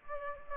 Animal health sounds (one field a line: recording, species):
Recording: mosquito wingbeat signal from an infrared sensor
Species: Culex pipiens